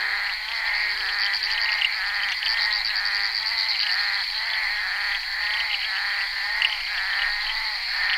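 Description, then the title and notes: Bullfrog chorus, many overlapping pulsed, throaty calls repeating in waves, over a steady high drone throughout. Recorded during the filming of Henri Duparc's Bal poussière, February 1988. "crapaux buffle. enregistré sur le tournage Bal poussière dhenri duparc en février 1988"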